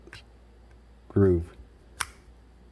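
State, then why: Seated. Two keyed steel retaining pins with a spring between them are squeezed together by finger and slid into the body of a hydraulic valve lifter from a 2016 GM truck 5.3 engine, which had a collapsed lifter again. Someone talks briefly, then a sharp tick at 2.0 s marks the pins snapping down below the groove and seating.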